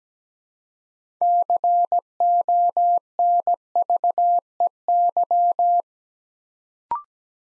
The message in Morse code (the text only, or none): CONVEY